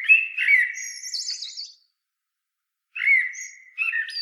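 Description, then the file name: Common blackbird: a rich, level fluted phrase with a faint high twitter above it, a pause, then another mellow whistled phrase. "Turdus merula"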